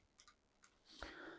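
Someone presses the leg angle locks on the spider of a K&F carbon fiber tripod one by one to make sure everything is locked. Short sharp clicks are heard at 0.2, 0.28, 0.64 and 1.0 seconds, with the last one loudest and followed by a broad rustle. The leg locks click into place and are seated.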